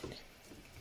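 Two plastic prongs on an X-Transbots Ultra Magnus (Commander Stack) transforming robot toy are handled as they are pushed up toward their sockets in the toy's body. A soft low thump at the start is followed by faint, quiet handling noise. Nothing has seated or clicked into place yet.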